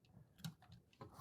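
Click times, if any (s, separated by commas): none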